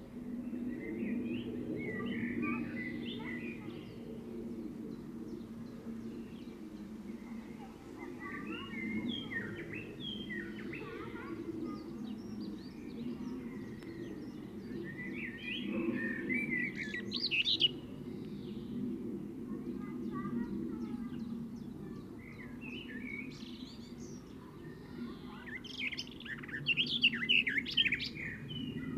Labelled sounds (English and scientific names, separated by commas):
Garden Warbler (Sylvia borin) song